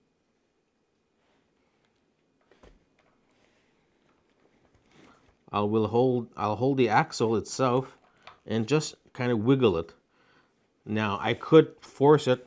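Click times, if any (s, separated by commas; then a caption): none. A drive axle is held and wiggled by hand to line its keyed end up with the plastic steering knuckle of a Slash 4X4 RC truck, before being forced home. Faint, brief handling ticks come early in the clip, then someone talks for the rest of it. Nothing has seated or clicked yet.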